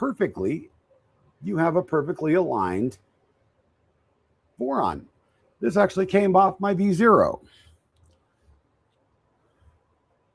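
A 3D-printed plastic part taken from a V0 printer is handled against its printed mating part while someone talks, followed by a few faint taps near 8.0 s. Nothing has seated or clicked yet.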